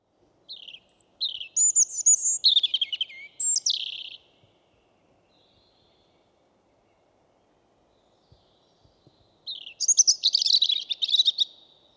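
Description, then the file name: European robin singing two separate sweet, tinkling phrases of high whistles and rapid trills, with a long silence between them. "Erithacus rubecula"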